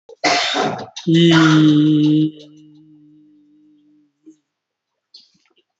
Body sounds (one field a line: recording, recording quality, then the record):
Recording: sustained vowel as in beet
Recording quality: excellent, no background noise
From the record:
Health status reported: COVID-19 positive, moderate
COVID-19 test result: positive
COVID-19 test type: RT-PCR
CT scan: not taken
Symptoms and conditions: diabetes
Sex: male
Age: 48 years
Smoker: yes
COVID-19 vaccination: none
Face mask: not worn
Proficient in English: yes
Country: India